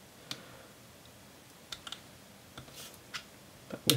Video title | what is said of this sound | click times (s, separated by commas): Dell Inspiron 16 5620/5625 - RAM, SSD and WiFi Upgrade Guide | those clipped on you'll hear them gently click | 0.3 s, 3.9 s